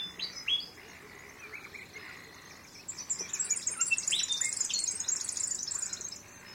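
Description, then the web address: Bird calls: quick high chirps and squeaks early, then a busy stretch of rapid twittering from three seconds onward over a faint hiss. Unidentified bird calling in mangroves. "Sound Effects-Foundation BIRD UNKNOWN MAGROVES SEQUENCE"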